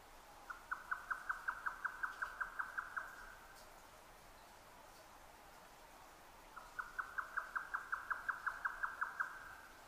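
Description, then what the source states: Grey nightjar song, two bursts of fast, even wooden knocks, each run of about a dozen notes lasting a few seconds, separated by a quiet gap. Recorded 12 June 2009 at 22:41.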